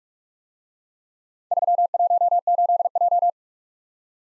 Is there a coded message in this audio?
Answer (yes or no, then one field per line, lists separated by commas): yes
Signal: Morse code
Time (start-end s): 1.5-3.3 s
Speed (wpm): 44 wpm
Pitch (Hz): 700 Hz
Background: none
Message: 318J